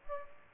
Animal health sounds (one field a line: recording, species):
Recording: mosquito wingbeat signal from an infrared sensor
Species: Aedes aegypti